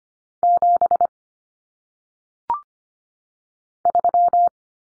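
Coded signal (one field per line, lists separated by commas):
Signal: Morse code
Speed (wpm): 25 wpm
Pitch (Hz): 700 Hz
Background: none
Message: 7 3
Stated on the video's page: Single-digit numbers sent in Morse at 25 wpm for head-copy practice, each sent, spoken, then sent again.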